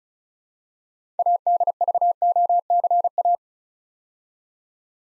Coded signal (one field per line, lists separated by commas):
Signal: Morse code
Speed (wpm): 36 wpm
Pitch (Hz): 700 Hz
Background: none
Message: ADVOCA